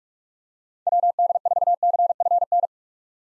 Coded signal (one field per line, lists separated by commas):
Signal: Morse code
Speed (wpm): 44 wpm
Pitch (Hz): 700 Hz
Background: none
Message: WD4CFN